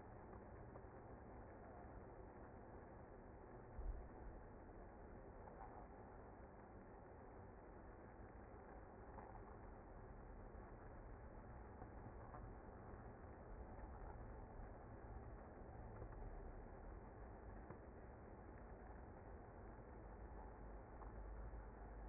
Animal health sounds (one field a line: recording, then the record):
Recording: honeybee colony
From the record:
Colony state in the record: active